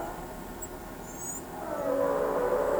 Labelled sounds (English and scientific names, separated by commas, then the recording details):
Tropical Kingbird (Tyrannus melancholicus)
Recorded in pastures near Pivijay, Magdalena, Colombia, on 17 April 2023 at 06:30
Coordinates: 10.456, -74.369
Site P6-G026